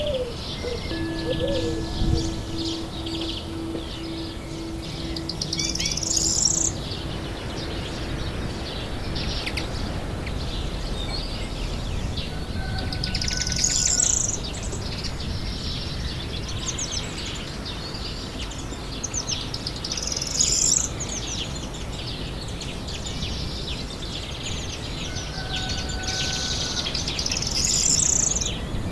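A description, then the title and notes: Nature sounds: a steady low rush underneath, with bright bird chirps returning about every seven seconds and a held tone early on. Relaxing Nature Sounds with Piano.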